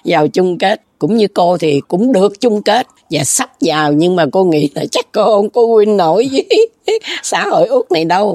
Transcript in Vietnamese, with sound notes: Vào chung kết cũng như cô thì cũng được chung kết và sắp vào nhưng mà cô nghĩ là chắc cô cũng không có win nổi [tiếng cười] với xã hội Úc này đâu.